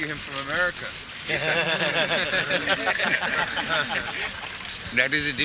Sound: laughter

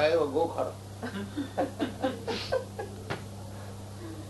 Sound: laughter

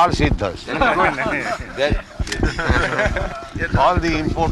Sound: laughter

